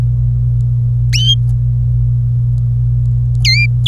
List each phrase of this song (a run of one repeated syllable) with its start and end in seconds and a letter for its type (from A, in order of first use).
0.00-0.01 A, 3.45-3.66 B, 3.87-3.88 C